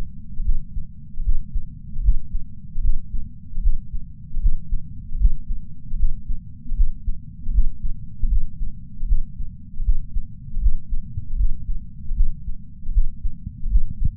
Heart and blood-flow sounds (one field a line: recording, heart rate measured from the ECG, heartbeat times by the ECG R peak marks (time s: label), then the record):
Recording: heart sounds by patch sensor on the chest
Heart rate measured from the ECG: 77 bpm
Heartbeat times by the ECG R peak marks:
0.42 s: heartbeat
1.22 s: heartbeat
2.01 s: heartbeat
2.80 s: heartbeat
3.60 s: heartbeat
4.39 s: heartbeat
5.17 s: heartbeat
5.96 s: heartbeat
6.74 s: heartbeat
7.51 s: heartbeat
8.28 s: heartbeat
9.05 s: heartbeat
9.82 s: heartbeat
10.59 s: heartbeat
11.36 s: heartbeat
12.13 s: heartbeat
12.91 s: heartbeat
13.68 s: heartbeat
From the record:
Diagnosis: coronary artery disease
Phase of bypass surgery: postoperative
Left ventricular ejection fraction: 50.8%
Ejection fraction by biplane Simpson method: 51.6%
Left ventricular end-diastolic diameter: 50 mm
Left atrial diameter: 30 mm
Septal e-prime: 7.4 cm/s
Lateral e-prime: 7.6 cm/s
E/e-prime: 9.9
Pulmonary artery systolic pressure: 27 mmHg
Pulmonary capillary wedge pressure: 7 mmHg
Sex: male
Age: 66 years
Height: 176 cm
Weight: 74.5 kg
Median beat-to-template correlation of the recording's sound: 0.90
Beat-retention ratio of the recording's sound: 0.99